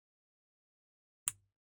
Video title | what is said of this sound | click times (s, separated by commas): Build The Iconic Ford Falcon XB GT (MAD MAX CAR) - Hachette - 1:8 Scale - Pack 82 | it clicks in place like that. | 1.3 s